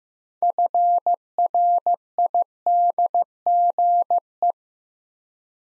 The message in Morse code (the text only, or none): FRIDGE